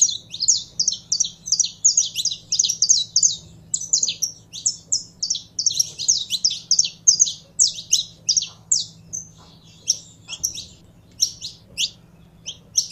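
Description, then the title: Belgian canary song: dense, high trilling chirps that gradually thin into separate sharp notes toward the end, over a low steady hum. Song of a purebred Belgian canary. "Canto Do Canário Belga Puro"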